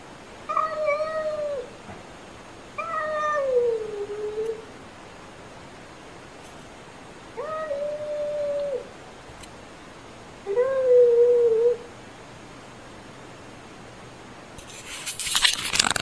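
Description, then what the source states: Cat with four long, drawn-out meows at irregular intervals, followed by a short burst of rustling noise at the very end. Unfriendly meowing.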